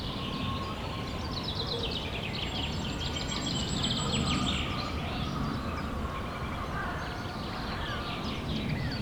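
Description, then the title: Chickens clucking in rapid, overlapping bursts, a harsh continuous flock chatter with a thin high whistle near the middle and low background rumble. Henhouse of the Abbaye Sainte-Marie du Désert, Bellegarde-Sainte-Marie, France; recorded with a Zoom H6 using an MS microphone. "35 Chem. de Saint-Bernard, 31530 Bellegarde-Sainte-Marie, France - the henhouse of the abbey. abbaye sainte marie du désert le poulailler"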